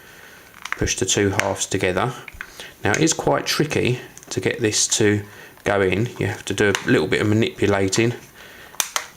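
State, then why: Seated. Someone talks while pushing the two plastic halves of a QDOS JetPlay handheld gaming case together around an Apple iPhone/iPod touch media player, manipulating them until the tabs lock into place. Two sharp snaps are heard at 8.8 s and 9.0 s as the case halves seat.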